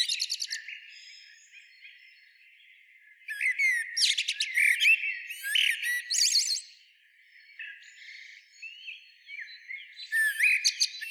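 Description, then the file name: Common blackbird calls: bursts of thin, squeaky twittering notes, with a loud jumbled flurry in the middle and a quieter spell before a final burst. "Turdus merula"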